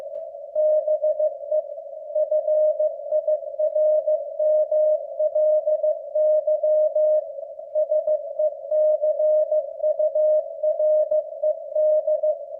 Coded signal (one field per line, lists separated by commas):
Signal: Morse code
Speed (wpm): 15 wpm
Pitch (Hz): 610 Hz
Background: none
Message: BE FIRMLY SECURED